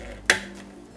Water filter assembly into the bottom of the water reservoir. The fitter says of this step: then all you got to do is just snap it back in down here